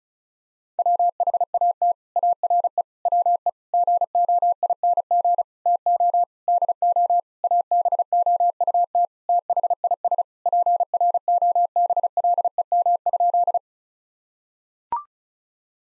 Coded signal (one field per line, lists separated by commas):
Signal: Morse code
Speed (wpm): 36 wpm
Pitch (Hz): 700 Hz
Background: none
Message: WHAT ARE WE GOING TO DO ABOUT THIS PROBLEM?